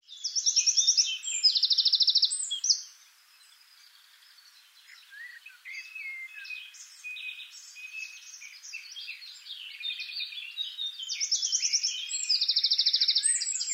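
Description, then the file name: Eurasian wren bursts into quick, ringing trills at the start, falls quiet while other birds twitter, then trills loudly again near the end. "Troglodytes troglodytes"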